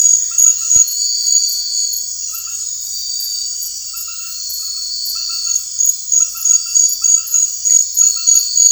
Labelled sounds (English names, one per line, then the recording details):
none
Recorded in secondary vegetation near Puerto Asís, Putumayo, Colombia, on 9 March 2025 at 22:30
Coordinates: 0.499, -76.323
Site G094